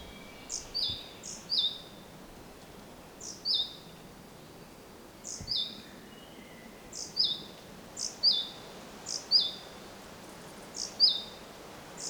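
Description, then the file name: Great tit repeating a high-low two-note phrase at irregular intervals. "Parus major"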